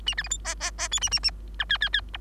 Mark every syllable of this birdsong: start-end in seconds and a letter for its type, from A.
0.06-0.14 A, 0.17-0.23 B, 0.23-0.28 C, 0.30-0.37 D, 0.45-0.55 E, 0.60-0.71 E, 0.78-0.89 E, 0.91-1.00 F, 1.01-1.09 A, 1.11-1.19 A, 1.23-1.31 A, 1.59-1.65 G, 1.69-1.78 H, 1.81-1.89 H, 1.93-2.01 H, 2.13-2.17 I